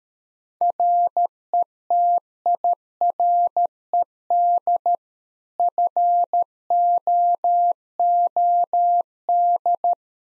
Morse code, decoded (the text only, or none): RETIRED FOOD